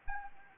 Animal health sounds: mosquito wingbeat signal from an infrared sensor; Anopheles arabiensis

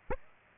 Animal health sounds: mosquito wingbeat signal from an infrared sensor; Aedes aegypti

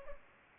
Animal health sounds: mosquito wingbeat signal from an infrared sensor; Culex pipiens

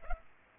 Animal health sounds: mosquito wingbeat signal from an infrared sensor; Culex pipiens

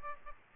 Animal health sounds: mosquito wingbeat signal from an infrared sensor; Aedes aegypti

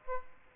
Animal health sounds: mosquito wingbeat signal from an infrared sensor; Aedes aegypti

